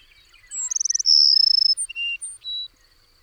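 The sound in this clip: Bird song with a fast stuttering trill leading into a bright whistle, thin very high notes, and a buzzy note before a last short whistle.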